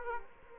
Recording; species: mosquito wingbeat signal from an infrared sensor; Culex quinquefasciatus